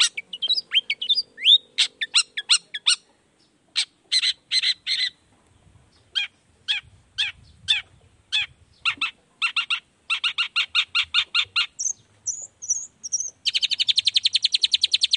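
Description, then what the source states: Long-tailed shrike pouring out a rapid, varied medley of sharp chips, squeaky notes and trills, ending in a fast buzzy rattle. Cendet singing in the morning, a 'toet toet' variation of its voice, played as a stimulus to rouse lazy shrikes into singing along.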